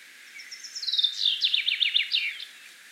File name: Fringilla coelebs